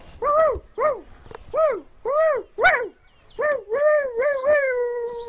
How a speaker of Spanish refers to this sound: Era una noche tranquila en Cerezales cuando de repente se oyó el ladrido de un perro.